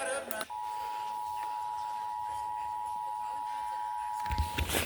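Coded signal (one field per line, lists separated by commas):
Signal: Emergency Alert System (SAME) tones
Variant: 853 and 960 Hz attention tone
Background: speech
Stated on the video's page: North Carolina required monthly test captured on multiple FM stations.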